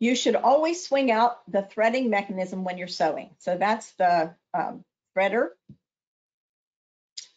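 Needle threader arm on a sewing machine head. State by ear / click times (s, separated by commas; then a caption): seated / 7.2 s. Someone talks while swinging out the needle threader arm on the head of a B 880 PLUS sewing machine to its open position for sewing. After the talking stops, a single sharp click at 7.2 seconds marks the threader seating into place.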